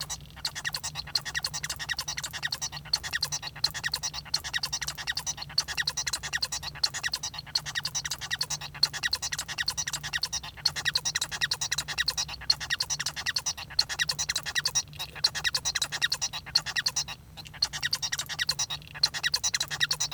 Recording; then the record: song of a male Bengalese finch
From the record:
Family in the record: son of father 1